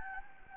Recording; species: mosquito wingbeat signal from an infrared sensor; Anopheles gambiae